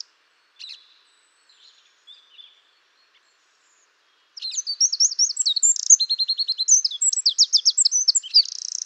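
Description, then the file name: Eurasian wren: a few soft notes, a quiet gap, then a loud rapid high song of ringing repeated notes and trills. "Troglodytes troglodytes"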